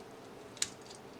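The folded pull-up plastic panels inside a robot toy's leg are propped up and fastened together. A faint sound at 0.6 s is followed by a single sharp plastic click at 0.62 s, with no speech heard. The leg panels are seated and fastened.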